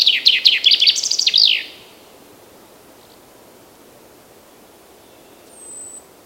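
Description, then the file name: Common chaffinch song: a quick descending run of chipping notes closing with a flourish, followed by silence and a faint thin high whistle. "Fringilla coelebs"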